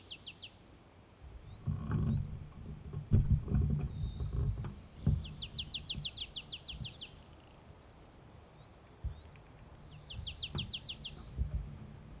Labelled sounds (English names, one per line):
Marsh Tit